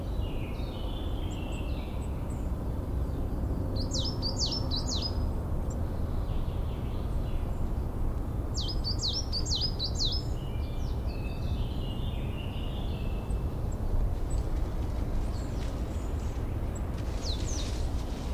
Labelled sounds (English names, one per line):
Coal Tit song